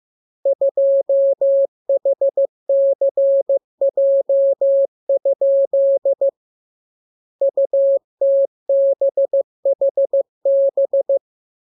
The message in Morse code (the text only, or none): 2HCJ? UTBHB